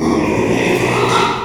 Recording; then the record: squeal of a Yucatan mini pig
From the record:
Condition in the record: after surgery on the right vocal fold (resection and tissue-engineered implant); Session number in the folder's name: 1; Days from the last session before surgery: 6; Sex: male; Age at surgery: 12 weeks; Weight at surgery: 13 kg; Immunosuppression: cyclosporine, prednisolone